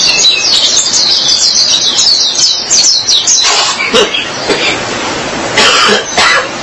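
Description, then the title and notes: White-eye song: high rapid twittering in the first half, then sparse chirps broken by several sharp clicks or taps. "Suara kicauan burung pleci"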